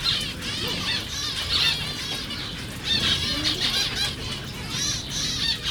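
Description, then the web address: Zebra finch calls: dense chatter of short nasal, harmonic notes from several birds, overlapping in bursts, with wing flutters and low background rumble. Captive birds at a zoo in Jászberény, recorded in 2015. "jaszberenyizoo 2015 professzionalis zebrapinty"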